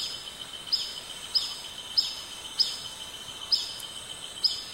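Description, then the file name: Black bee-eater uttering six crisp, high-pitched chips, the gaps widening toward the end, over a continuous high hiss. "canto do abelharuco preto"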